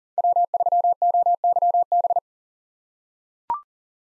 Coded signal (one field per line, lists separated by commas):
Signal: Morse code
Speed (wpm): 40 wpm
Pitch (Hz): 700 Hz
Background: none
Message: W3OYB